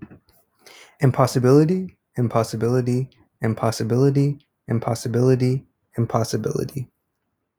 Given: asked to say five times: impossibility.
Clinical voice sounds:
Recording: repeated word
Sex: male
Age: 20 to 29 years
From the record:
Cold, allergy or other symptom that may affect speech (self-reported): no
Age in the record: 22 years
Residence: Florida, United States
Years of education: 15

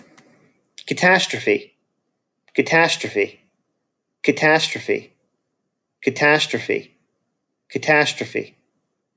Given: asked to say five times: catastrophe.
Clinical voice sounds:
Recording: repeated word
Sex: male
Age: 40 to 49 years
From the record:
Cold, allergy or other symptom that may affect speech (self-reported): no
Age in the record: 42 years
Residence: Pennsylvania, United States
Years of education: 22

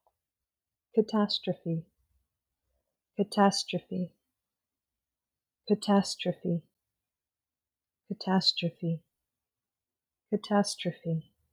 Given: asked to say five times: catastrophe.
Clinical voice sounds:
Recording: repeated word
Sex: female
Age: 30 to 39 years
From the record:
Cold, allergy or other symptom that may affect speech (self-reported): no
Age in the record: 35 years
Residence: United States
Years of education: 18

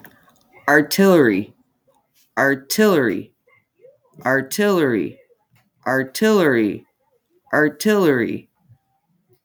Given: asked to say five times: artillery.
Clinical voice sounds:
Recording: repeated word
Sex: female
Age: 30 to 39 years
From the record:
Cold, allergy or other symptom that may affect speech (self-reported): no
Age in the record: 38 years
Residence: Wisconsin, United States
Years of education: 12

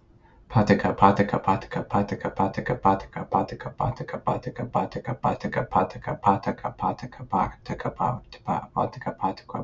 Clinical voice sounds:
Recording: repeated syllables /pa ta ka/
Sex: male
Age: 20 to 29 years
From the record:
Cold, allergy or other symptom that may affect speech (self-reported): no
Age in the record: 24 years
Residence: Missouri, United States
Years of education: 16

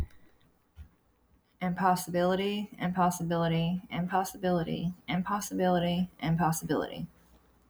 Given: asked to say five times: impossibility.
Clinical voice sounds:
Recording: repeated word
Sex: male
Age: 30 to 39 years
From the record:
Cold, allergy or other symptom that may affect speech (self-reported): no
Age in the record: 31 years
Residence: Virginia, United States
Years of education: 12

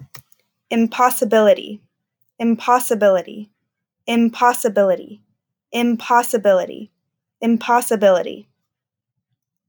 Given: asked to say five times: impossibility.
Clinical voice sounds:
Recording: repeated word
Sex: female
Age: 20 to 29 years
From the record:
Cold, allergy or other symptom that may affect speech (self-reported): no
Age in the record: 27 years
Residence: Oklahoma, United States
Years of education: 17

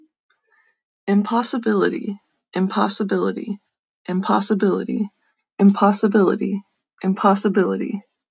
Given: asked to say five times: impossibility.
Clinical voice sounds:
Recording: repeated word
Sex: female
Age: 30 to 39 years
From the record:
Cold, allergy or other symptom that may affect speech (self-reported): no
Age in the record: 32 years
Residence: Pennsylvania, United States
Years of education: 14

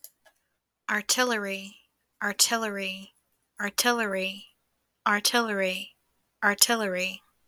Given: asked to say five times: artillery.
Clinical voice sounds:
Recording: repeated word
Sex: female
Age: 20 to 29 years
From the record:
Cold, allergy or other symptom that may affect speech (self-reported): no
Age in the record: 25 years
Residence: United States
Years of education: 13

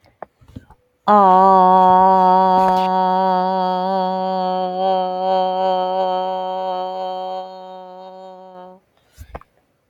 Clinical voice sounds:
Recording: vowel held as long as possible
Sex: female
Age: 30 to 39 years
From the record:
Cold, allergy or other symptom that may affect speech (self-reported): no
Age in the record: 39 years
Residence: United States

